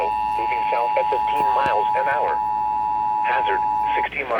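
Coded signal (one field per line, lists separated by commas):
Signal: Emergency Alert System (SAME) tones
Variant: 853 and 960 Hz attention tone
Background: speech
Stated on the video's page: Severe thunderstorm warning received on NOAA Weather Radio.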